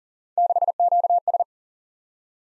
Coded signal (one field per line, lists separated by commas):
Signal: Morse code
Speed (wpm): 46 wpm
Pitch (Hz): 700 Hz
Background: none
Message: 6QS